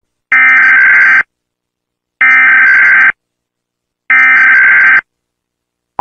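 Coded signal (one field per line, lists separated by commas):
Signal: Emergency Alert System (SAME) tones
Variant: header bursts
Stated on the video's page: Fake EAS alert tones in an April Fools volcano eruption prank.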